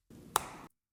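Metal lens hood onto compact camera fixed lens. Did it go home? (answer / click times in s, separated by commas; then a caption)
yes / 0.4 s. A Freewell metal lens hood is aligned on the fixed bayonet of a Sony RX1R III's 35mm f/2 lens and rotated clockwise. A soft scraping rub builds up to a sharp click at 0.4 s, and the hood seats firmly on the bayonet. A quiet rushing noise follows and fades by about 0.7 s.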